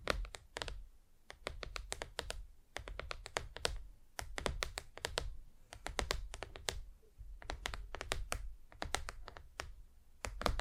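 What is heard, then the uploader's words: Tapping on different surfaces, a stream of sharp, bright clicks in quick irregular bursts, some flurries dense like typing, others sparser single taps. Brief pauses break the pattern every second or two. A low rumble sits underneath throughout. ASMR Just Tapping (Different Surfaces No Talking).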